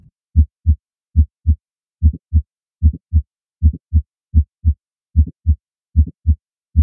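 Regular heartbeat near 75 a minute with a brief extra click between S1 and S2, a mid-systolic click of mitral valve prolapse. It comes from tensing of the chordae tendineae that hold the mitral valve closed, and it can fall anywhere in systole, earlier or later.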